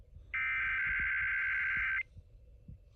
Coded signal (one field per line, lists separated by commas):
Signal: Emergency Alert System (SAME) tones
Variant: header bursts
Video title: THE REST OF MAY'S ALERTS... EAS Alerts from May 2026 (EAS #6,772 - 6,795)